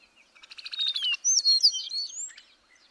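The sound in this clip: Bird song opening with a rapid buzzy trill of repeated notes, then breaking into a quick, varied warble of high sliding whistles.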